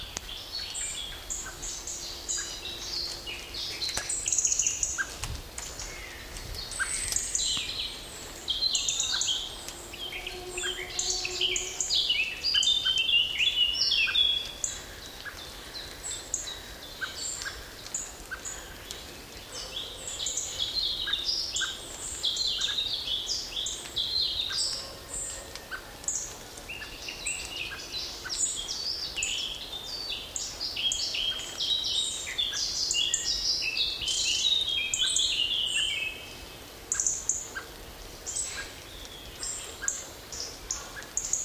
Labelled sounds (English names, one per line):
Common Blackbird call